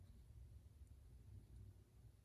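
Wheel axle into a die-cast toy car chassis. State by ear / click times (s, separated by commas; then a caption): not seated / none. A wheel-and-axle set is being handled and pressed toward the plastic chassis of a white 1996 Hot Wheels Nissan 180SX Type X die-cast toy car during a wheel swap. Only a low, steady rumbling handling noise is heard, with no sharp transients. Nothing has seated or clicked yet.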